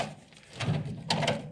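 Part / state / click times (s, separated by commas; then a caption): parking brake lever ratchet in a vintage car / not seated / none. The original mechanical parking brake lever on a 1934 Ford sedan, still in place but not connected to anything, is pulled. A low scraping rumble around 0.6–0.8 s is followed by a sharp metallic clack at 1.1 s and a smaller one near 1.6 s. The ratchet does not catch or hold, so nothing has seated or clicked yet; the lever may need cleaning or may have a missing or broken part.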